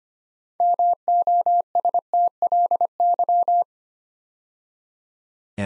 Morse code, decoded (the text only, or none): MOSTLY